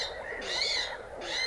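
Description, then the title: Spotted crake giving one whistled whip note, with the next note beginning at the end. "Luhtakana"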